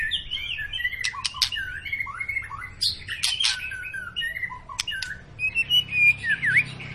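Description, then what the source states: White-rumped shama song, varied warbled phrases broken by sharp clicks, finishing with a few clear whistles. Long lure song of a White-rumped shama in full song, used to prompt other birds to sing.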